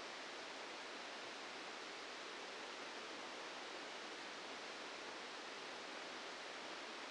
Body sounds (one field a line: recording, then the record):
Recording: brain microelectrode recording played as sound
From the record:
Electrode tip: inside the subthalamic nucleus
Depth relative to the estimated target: -2 mm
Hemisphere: left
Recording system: NeuroSet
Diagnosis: Parkinson's disease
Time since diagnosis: 8 years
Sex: male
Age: 59 years